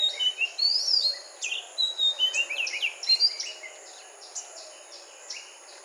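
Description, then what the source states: Magpie-robin song: quick varied whistles and slurred notes, busiest in the first three seconds and fading toward the end. Sung in a morning chorus.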